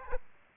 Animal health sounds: mosquito wingbeat signal from an infrared sensor; Aedes aegypti

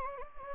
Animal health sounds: mosquito wingbeat signal from an infrared sensor; Anopheles gambiae

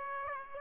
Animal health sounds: mosquito wingbeat signal from an infrared sensor; Aedes aegypti

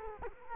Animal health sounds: mosquito wingbeat signal from an infrared sensor; Culex quinquefasciatus

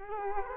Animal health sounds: mosquito wingbeat signal from an infrared sensor; Culex quinquefasciatus

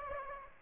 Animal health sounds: mosquito wingbeat signal from an infrared sensor; Aedes aegypti

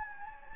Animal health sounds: mosquito wingbeat signal from an infrared sensor; Anopheles gambiae

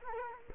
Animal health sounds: mosquito wingbeat signal from an infrared sensor; Culex quinquefasciatus

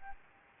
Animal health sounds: mosquito wingbeat signal from an infrared sensor; Anopheles gambiae

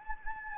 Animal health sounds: mosquito wingbeat signal from an infrared sensor; Anopheles gambiae

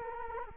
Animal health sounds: mosquito wingbeat signal from an infrared sensor; Culex quinquefasciatus

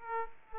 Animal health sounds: mosquito wingbeat signal from an infrared sensor; Aedes aegypti

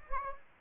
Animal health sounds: mosquito wingbeat signal from an infrared sensor; Anopheles gambiae

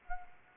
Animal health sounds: mosquito wingbeat signal from an infrared sensor; Anopheles arabiensis

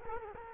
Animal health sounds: mosquito wingbeat signal from an infrared sensor; Culex quinquefasciatus

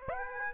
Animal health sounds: mosquito wingbeat signal from an infrared sensor; Aedes aegypti

